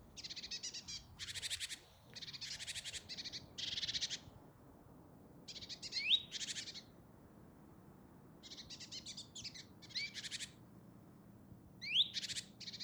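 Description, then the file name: Great tit calls: irregular bursts of dry, buzzy churring, some led by a quick rising whistle, with silent pauses between groups. "Parus major"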